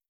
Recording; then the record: hydrophone in a shrimp aquaculture tank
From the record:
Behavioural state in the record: feeding